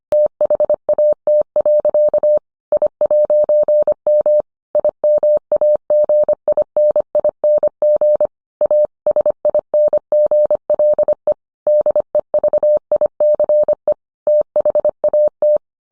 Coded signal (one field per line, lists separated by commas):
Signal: Morse code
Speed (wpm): 25 wpm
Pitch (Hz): 600 Hz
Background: none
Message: THAT. I'M IMAGINING A SINGLE DEVICE THAT